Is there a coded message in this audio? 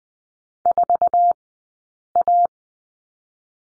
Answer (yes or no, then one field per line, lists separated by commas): yes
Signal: Morse code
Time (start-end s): 0.7-2.5 s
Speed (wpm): 20 wpm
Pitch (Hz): 700 Hz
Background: none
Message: 4A